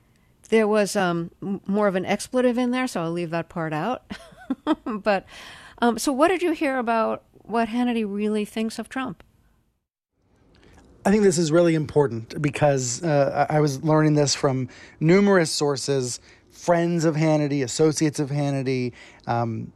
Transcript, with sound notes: There was more of an expletive in there, so I'll leave that part out (laughter). But - so what did you hear about what Hannity really thinks of Trump?
I think this is really important because I was learning this from numerous sources - friends of Hannity, associates of Hannity